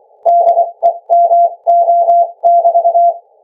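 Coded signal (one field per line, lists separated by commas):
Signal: Morse code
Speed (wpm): 23 wpm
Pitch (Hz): 690 Hz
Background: music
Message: DEMO<BT>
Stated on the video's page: Morse code sent by ultrasound across about 5 m, received by a laptop's internal microphone, which was overloaded.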